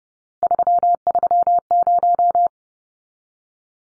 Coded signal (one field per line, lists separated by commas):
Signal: Morse code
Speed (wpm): 30 wpm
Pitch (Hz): 700 Hz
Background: none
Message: 330